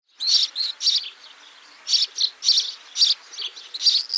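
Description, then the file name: House sparrow chirping in quick, bright, slightly buzzy notes, some doubled, with short pauses between bursts. "Passer domesticus"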